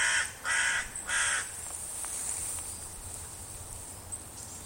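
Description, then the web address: Bird calling three rough, raspy notes in quick succession at the start, over a steady high insect-like hiss that continues through the rest. "cianscape. Deverinetal 2025. Bird Only"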